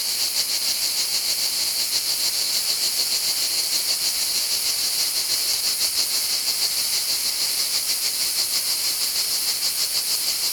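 Cicada call: an unbroken, piercing high whine with a rapid, regular throbbing pulse, holding the same level from start to finish.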